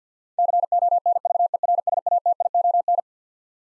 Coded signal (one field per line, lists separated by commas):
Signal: Morse code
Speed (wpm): 50 wpm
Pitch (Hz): 700 Hz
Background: none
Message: CONVERSATION